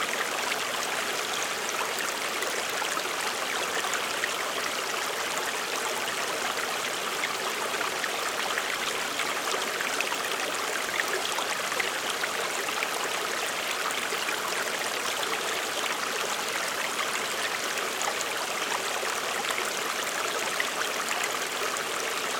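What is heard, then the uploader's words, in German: Water splashes and trickles steadily from a small crack in the rock at a forest spring. The flow is constant, a dense bright patter with no pauses or swells across the whole stretch, and little low rumble beneath it. Waldquelle. Heute hören wir einer kleinen Quelle zu, wo das Wasser aus einer kleinen Felsspalte plätschert.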